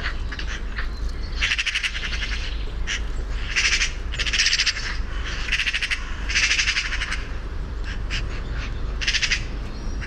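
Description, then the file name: Eurasian magpie rattling call: several dry, machine-gun chatter bursts, with short clicks in between and a constant low rumble beneath. "Pica pica"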